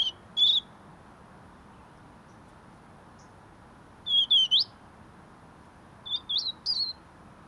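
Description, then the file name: European robin calling: short high thin notes with rising flicks, in a few brief bursts separated by seconds of quiet, over soft background hiss. "Erithacus rubecula"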